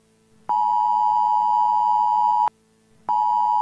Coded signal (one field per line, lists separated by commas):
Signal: Emergency Alert System (SAME) tones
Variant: 853 and 960 Hz attention tone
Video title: EAS MOCK UK (11/24/07) - Jane The Killer